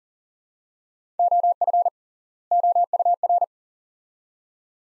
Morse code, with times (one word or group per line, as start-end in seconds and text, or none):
1.2-1.9 OF
2.5-3.4 OUR